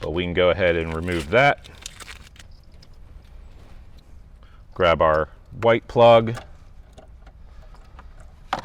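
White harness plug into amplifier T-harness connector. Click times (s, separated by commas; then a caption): 8.5 s. In a 2025+ 4Runner, the white plug of the wiring harness for a Beat-Sonic ENA-3T3 Encore amplifier is pushed into its mating connector on the amplifier T-harness behind the dash. Someone talks at the start and in the middle, with faint handling noises in between. A sharp click at 8.5 s marks the plug seating.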